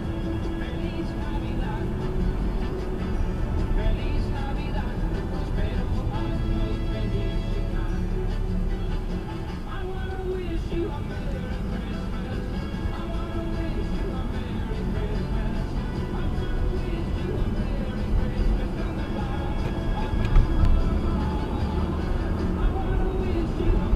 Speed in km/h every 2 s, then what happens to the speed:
32, 35, 34, 23, 15, 16, 24, 29, 34, 37, 35, 39.
4-9 brakes to 15. 9-24 speeds up to 39.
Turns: none.